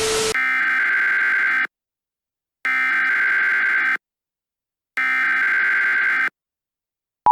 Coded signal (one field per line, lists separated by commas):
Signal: Emergency Alert System (SAME) tones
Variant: header bursts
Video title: EAS Scenario: The End Of The Frost Apocalypse